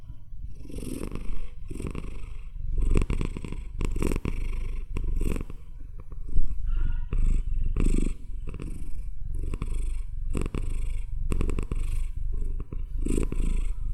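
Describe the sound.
Domestic cat purring continuously, deep rattling rumble rising and falling with breathing, in cycles of just over a second.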